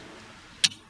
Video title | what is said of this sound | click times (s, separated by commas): ACEMAGIC Mini PC | and it locks in place. That's pretty much it. | 0.6 s